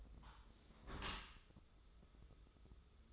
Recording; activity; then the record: daily activity, microphone in the room; close dishwasher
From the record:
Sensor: 3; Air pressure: 995.8 hPa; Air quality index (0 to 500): 97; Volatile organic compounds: 13 ppm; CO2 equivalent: 2430 ppm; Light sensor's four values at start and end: 29/88/37/32 and 29/88/37/32